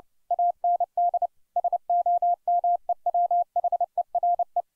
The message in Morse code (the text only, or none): AND SOMEWHERE